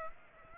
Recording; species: mosquito wingbeat signal from an infrared sensor; Aedes aegypti